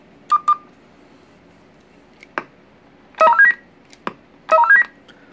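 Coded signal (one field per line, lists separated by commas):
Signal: roger beep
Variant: Stryker roger beep 4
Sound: two short beeps, then twice a quick rising five-note tone run, with clicks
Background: small room, key clicks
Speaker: there you go pretty cool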